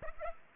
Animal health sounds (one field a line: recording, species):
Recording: mosquito wingbeat signal from an infrared sensor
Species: Aedes aegypti